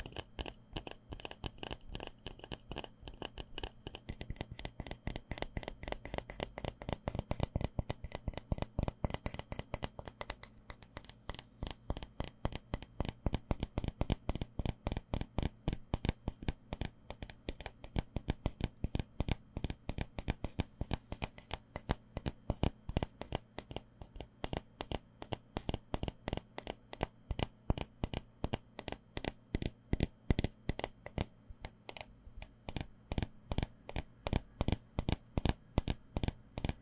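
Fingers tap rapidly and steadily on cardboard cups, a dense run of dry, hollow clicks continuing evenly for the whole stretch.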